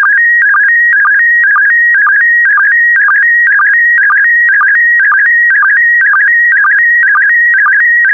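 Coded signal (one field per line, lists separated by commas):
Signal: SSTV (slow-scan television)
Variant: PD120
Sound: steady warbling whine near 1.9 kHz, chirping down twice a second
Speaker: complete. You can now check your decoded image against the picture that is shown on the video.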